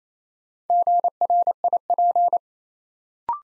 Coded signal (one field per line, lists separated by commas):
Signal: Morse code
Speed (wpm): 29 wpm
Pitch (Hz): 700 Hz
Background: none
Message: GRIP